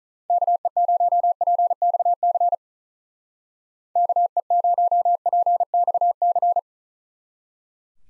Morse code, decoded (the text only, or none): KE0PXC KE0PXC